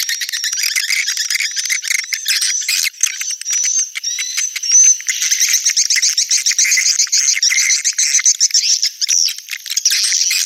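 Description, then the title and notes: Swiftlet chirping calls, dense high twittering with clicks and a few thin whistled notes rising above the chatter. Sound used in swiftlet farming in Asia. "Swiflet Bird Sound. Farming Swiflet Bird asia sound"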